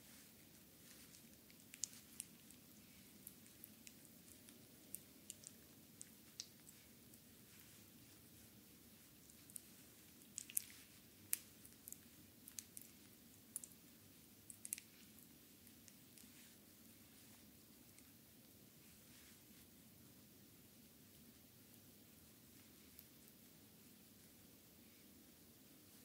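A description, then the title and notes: A foot massage with cream: small wet, sticky clicks and squelches come in scattered bursts, busiest in the first fifteen seconds and sparse afterward. Underneath, a steady low hum runs unchanged throughout the clip. ASMR Foot, feet Massage with cream by Adel.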